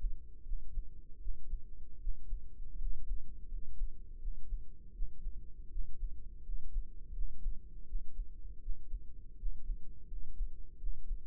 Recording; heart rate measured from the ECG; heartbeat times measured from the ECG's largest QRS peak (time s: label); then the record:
heart sounds by microphone in the right ear; 81 bpm
0.42 s: heartbeat
1.17 s: heartbeat
1.97 s: heartbeat
2.76 s: heartbeat
3.46 s: heartbeat
4.17 s: heartbeat
4.91 s: heartbeat
5.67 s: heartbeat
6.41 s: heartbeat
7.11 s: heartbeat
7.84 s: heartbeat
8.58 s: heartbeat
9.34 s: heartbeat
10.06 s: heartbeat
10.76 s: heartbeat
From the record:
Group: healthy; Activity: rest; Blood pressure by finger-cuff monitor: 106/58 mmHg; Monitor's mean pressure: 69 mmHg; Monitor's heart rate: 81 bpm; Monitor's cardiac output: 6.1 L/min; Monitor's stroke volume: 75 mL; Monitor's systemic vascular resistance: 820 dyn s/cm5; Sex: male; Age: 20 years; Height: 167 cm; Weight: 61 kg